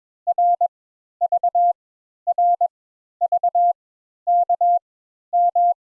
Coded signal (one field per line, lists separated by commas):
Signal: Morse code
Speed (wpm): 22 wpm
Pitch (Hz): 700 Hz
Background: none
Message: R V R V K M